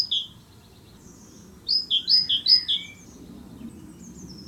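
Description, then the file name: Great tit territorial song: a short burst of about three quick high-low two-note whistles after a single opening note, with a faint lower note and soft background hum. "canto territoriale cinciallegra parus major great tit carbonero comun"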